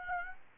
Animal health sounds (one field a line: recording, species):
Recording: mosquito wingbeat signal from an infrared sensor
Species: Aedes aegypti